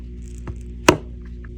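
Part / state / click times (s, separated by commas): steel pin in firearm trigger assembly / partly seated / 0.9 s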